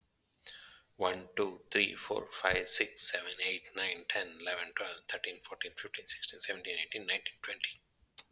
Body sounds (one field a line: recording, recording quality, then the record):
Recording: counting at a fast pace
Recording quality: excellent, no background noise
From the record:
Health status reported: healthy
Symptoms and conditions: none ticked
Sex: male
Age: 47 years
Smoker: not ticked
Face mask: not worn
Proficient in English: yes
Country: India